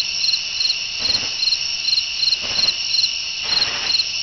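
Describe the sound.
Cricket chirping, a steady high-pitched trill pulsing in regular short bursts, with faint low background rustles.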